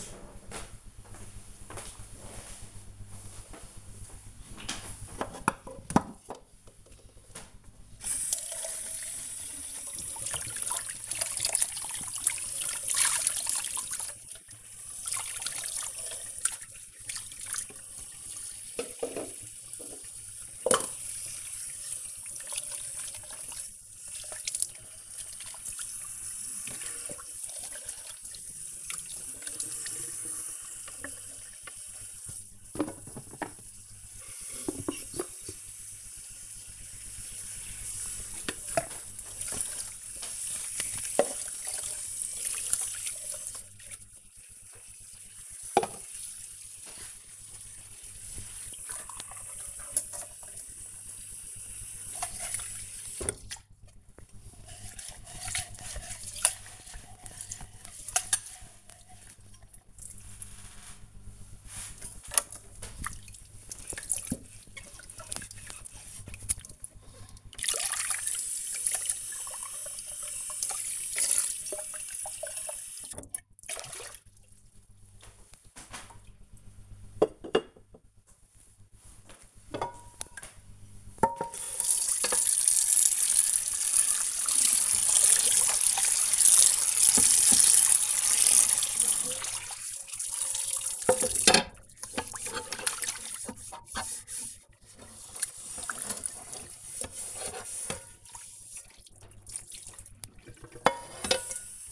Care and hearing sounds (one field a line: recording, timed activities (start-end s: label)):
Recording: household activities, microphone on the right wrist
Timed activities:
2.62-101.91 s: washing dishes